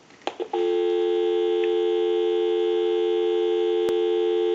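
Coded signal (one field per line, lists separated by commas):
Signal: telephone call progress tone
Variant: North America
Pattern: dial tone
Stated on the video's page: Call progress tone heard on an AT&T single slot payphone during checkout and repair conversion.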